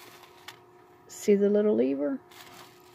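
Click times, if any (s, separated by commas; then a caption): 0.5 s. The tongue of a vintage necklace/bracelet clasp is slipped back into its lever-lock housing and the small metal lever is closed, giving a single light metallic click at 0.5 s. The clasp locks closed and is seated. Someone talks briefly afterward.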